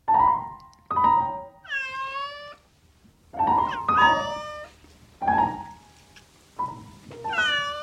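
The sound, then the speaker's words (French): A kitchen cat meows repeatedly, about seven or eight times in uneven bursts, some calls short and others drawn out with a wavering, rising-and-falling pitch, fairly loud and with no talking. “Le chat de la cuisine que j'ai emprunté pour qu'il détruise quelques souris.”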